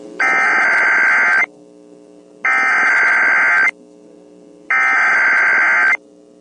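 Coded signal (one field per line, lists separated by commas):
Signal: Emergency Alert System (SAME) tones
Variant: header bursts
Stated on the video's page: Received EAS alerts from various US states, Canada and US territories.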